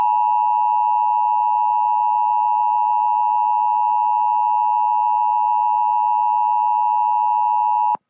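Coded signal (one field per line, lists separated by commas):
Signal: Emergency Alert System (SAME) tones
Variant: 853 and 960 Hz attention tone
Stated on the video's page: Fictional EAS scenario; the tones were made with a Python EAS generator and edited in audio software.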